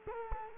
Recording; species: mosquito wingbeat signal from an infrared sensor; Culex quinquefasciatus